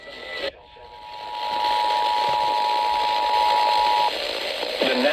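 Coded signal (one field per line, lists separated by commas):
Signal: Emergency Alert System (SAME) tones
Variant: 853 and 960 Hz attention tone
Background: speech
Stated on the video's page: SAME alert tones for a severe thunderstorm alert, received on NOAA Weather Radio and FM radio.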